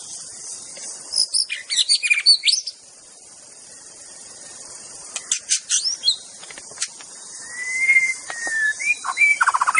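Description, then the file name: White-rumped Shama song, bursts of varied chirps and whistles around two and six seconds, a long whistled note near eight seconds, over a steady high insect drone. Forest-living bird. "suara muraibatu hutan. omkicau"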